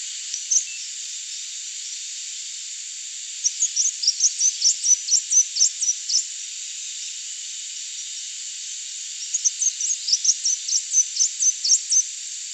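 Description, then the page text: Crimson sunbird song: two bursts of high, tinny twittering notes separated by a long pause, with constant background hiss. "Crimson Sunbird Song. Quick Sounds"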